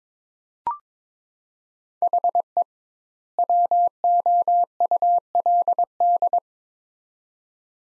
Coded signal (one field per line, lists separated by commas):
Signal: Morse code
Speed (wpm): 22 wpm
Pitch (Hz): 700 Hz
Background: none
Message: HE WOULD